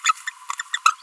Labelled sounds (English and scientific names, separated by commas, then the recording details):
Green-rumped Parrotlet (Forpus passerinus) babbling
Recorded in a nest box in Venezuela
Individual 18B25A3